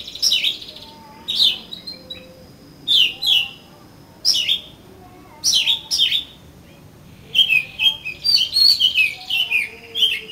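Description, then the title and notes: Oriental magpie-robin singing varied whistled phrases, spaced notes at first then a faster run of mixed slurs near the end. "suara kacer. kumpulan suara burung kacer"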